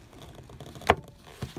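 The halogen bulb socket on the back of a removed Toyota Prius Gen 2 headlight housing is twisted until its arrow lines up with the notch, and its bayonet lock releases with a sharp click at 0.9 s. A softer knock follows at about 1.4 s over quiet background handling noise. The lock is released, and the bulb can then be loosened out of its fitting.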